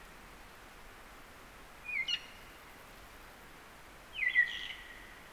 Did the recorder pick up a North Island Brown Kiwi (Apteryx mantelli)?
no